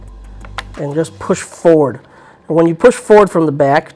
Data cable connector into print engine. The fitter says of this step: towards the print engine these tabs will lock into place